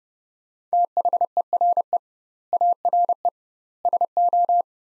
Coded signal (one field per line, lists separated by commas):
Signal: Morse code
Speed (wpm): 30 wpm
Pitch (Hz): 700 Hz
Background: none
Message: THERE ARE SO